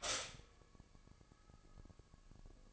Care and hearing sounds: daily activity, microphone in the room; stop toaster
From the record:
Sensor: 5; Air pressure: 1007.2 hPa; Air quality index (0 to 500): 127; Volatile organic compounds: 1 ppm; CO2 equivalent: 966 ppm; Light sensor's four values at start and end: 25/57/23/23 and 25/57/23/23

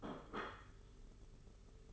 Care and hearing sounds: daily activity, microphone in the room; place plate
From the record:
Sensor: 4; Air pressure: 991.6 hPa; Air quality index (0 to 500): 126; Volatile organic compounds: 35 ppm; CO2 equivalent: 3053 ppm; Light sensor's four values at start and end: 20/65/24/24 and 20/65/24/24

